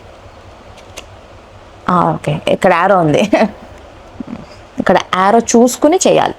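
A brush head is placed on the handle of an Urban Yog 3-in-1 blow brush and lined up with the alignment arrow before being pressed and twisted to lock, because the head needs to match the arrow. Someone talks over low background hiss, with a brief faint tap at about 1.0 s. Nothing has seated or clicked yet.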